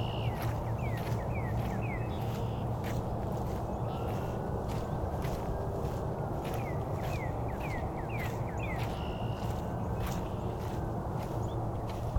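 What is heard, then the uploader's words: Red-winged blackbirds and other birds sing over a steady, dense low rumble that fills the whole twelve seconds. Short bright downward chirps come in quick runs around the first, eighth and ninth seconds, with occasional higher whistles and clicks scattered between. Today we visit Cootes Paradise in mid-March, and hear Red-winged Blackbirds, in addition to a number of other species.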